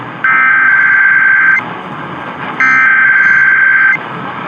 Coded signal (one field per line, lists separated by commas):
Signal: Emergency Alert System (SAME) tones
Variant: header bursts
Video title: New York City RMTs (2/9/22)(EAS 1082-1084)